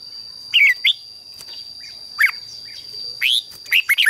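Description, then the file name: Red-whiskered bulbul giving short, clear chirps and brief warbled notes scattered across a few seconds, with a steady high-pitched electronic tone in the background. "Tieng chao mao hot"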